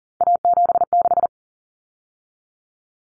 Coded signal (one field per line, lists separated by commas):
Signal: Morse code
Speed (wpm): 40 wpm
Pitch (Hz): 700 Hz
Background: none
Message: A76